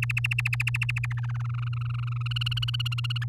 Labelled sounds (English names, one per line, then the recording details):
Domestic Canary song
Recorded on 11 May 2018 at 06:04
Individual llb16